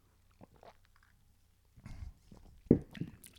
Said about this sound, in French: Écoute, première gorgée.